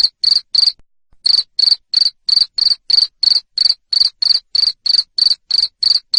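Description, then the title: Shrill cricket chirps come in a fast regular run, roughly three each second, broken once by a gap of about half a second. Loud cricket chirping used to stimulate lovebirds to sing continuously. "Suara JANGKRIK NGERIK Keras Bikin LOVEBIRD Jadi NGEKEK Terus Vubey"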